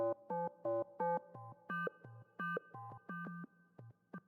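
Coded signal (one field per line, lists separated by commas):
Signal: none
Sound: synthesizer music notes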